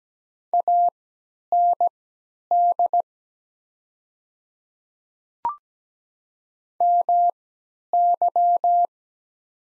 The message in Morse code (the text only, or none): AND MY